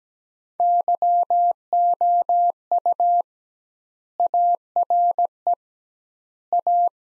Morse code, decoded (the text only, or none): YOU ARE A